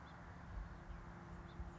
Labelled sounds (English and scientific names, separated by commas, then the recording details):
House Finch (Haemorhous mexicanus)
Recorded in Sonoma County, California